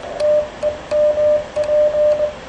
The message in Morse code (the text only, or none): TEMP